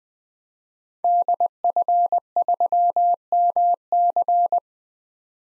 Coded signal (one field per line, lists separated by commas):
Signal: Morse code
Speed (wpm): 20 wpm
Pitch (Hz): 700 Hz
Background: none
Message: DF3MC